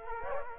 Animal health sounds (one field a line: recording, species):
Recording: mosquito wingbeat signal from an infrared sensor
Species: Culex quinquefasciatus